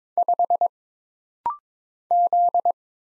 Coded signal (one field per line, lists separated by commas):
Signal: Morse code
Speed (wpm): 22 wpm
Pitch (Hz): 700 Hz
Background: none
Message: 5 Z